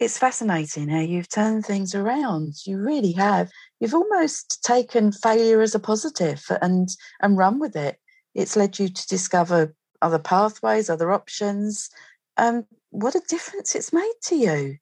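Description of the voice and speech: A woman speaks fluently in a warm, even voice, with ordinary pauses and one casual word repeat.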